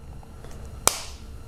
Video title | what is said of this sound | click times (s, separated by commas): BMW F10 F11 F07 F18 KEY FOB REMOTE BATTERY REPLACEMENT 520i 523i 528i 530i 535i 550i 518d 520d 525d | Hear that click now? | 0.9 s